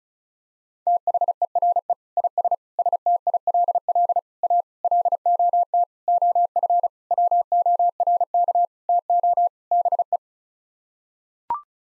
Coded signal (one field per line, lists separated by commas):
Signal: Morse code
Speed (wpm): 36 wpm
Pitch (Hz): 700 Hz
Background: none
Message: THERE IS STILL A LOT OF WORK TO BE